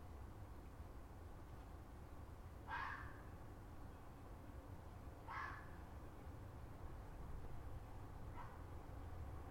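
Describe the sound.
Fox giving three short, harsh barks spaced about three seconds apart over a steady low rumble of background noise.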